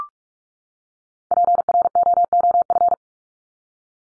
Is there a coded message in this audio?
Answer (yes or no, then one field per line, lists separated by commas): yes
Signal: Morse code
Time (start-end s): 1.3-2.9 s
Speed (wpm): 44 wpm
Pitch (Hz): 700 Hz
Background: none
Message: PROOF